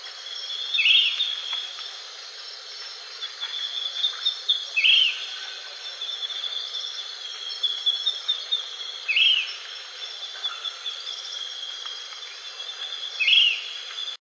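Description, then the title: Short-crested flycatcher giving short calls about every four seconds over a constant high insect drone. "LuckyPassaro Completos2Sama. Short-crested Flycatcher (Myiarchus ferox)"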